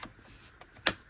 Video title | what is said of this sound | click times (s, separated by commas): MIDDLE OF LIDL 20v HEDGE TRIMMERS 😃& More TOOLS!! | Nice click. No movement in it. | 0.9 s